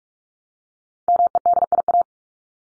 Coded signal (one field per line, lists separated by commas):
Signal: Morse code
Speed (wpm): 44 wpm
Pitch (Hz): 700 Hz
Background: none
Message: MEDIA